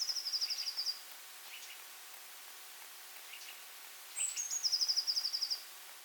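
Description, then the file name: Eurasian blue tit giving a quick high trill, then after a pause a sharp high note sliding into another rapid trill, with scattered soft chips between. "Cyanistes caeruleus"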